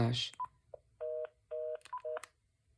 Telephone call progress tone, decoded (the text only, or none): reorder tone